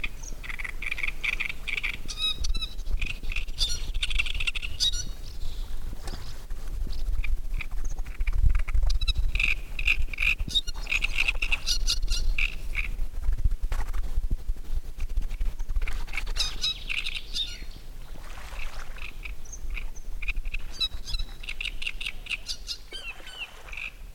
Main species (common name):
Great Reed Warbler